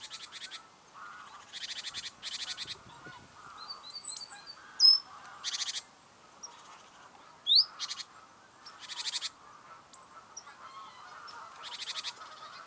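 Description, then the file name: Great tit calls: rasping churr bursts repeated at irregular intervals, with scattered thin high notes and brief chips between the rattles. "Parus major"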